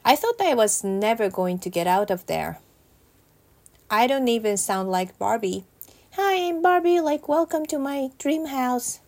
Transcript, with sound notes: I thought I was never going to get out of there. I don’t even sound like Barbie, (Valley-girl voice) “Hi, I’m Barbie. Like welcome to my Dream House”.